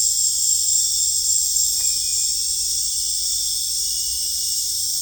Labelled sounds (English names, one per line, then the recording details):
none
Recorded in dense forest near Puerto Asís, Putumayo, Colombia, on 20 December 2024 at 20:00
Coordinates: 0.484, -76.325
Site G056